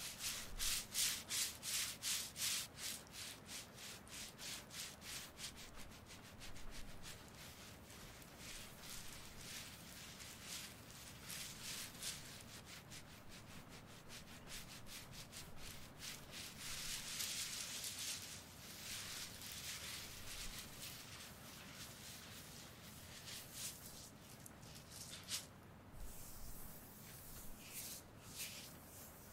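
An intense shoulder massage: steady, dense rubbing and brushing strokes with bright, rapid scratchy bursts, busiest early and easing slightly after twenty seconds.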